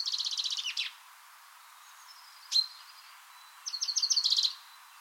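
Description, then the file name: Common chaffinch trilling song: a quick run of sharp repeated notes closing with a flourish, a single clear chip, then another rapid high trill. "Fringilla coelebs"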